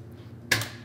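A quick-release latch on the band clamp of a 5 lb fire extinguisher holder is opened after its security pin is pulled, freeing the cylinder. After a low steady hum, a loud, sharp snap at 0.5 s marks the latch popping open and releasing, then it fades back to the hum.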